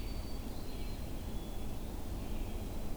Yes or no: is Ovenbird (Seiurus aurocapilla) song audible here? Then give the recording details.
no. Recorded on 22 June 2016 at 07:30. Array SBT-6-76